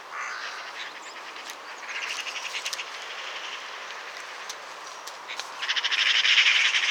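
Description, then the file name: Eurasian magpie chatter: faint rasping notes at first, then a strong fast rattle in the last second and a half. Sharp clicks and high chirps are heard as well. "Pica pica"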